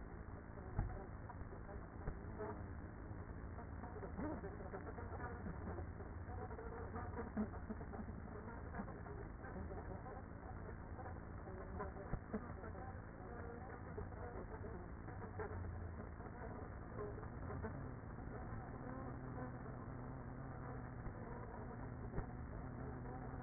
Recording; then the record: honeybee colony, microphone inside the hive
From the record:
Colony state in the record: queenless with a low population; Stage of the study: after two queens were removed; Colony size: about 30,000 bees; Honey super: no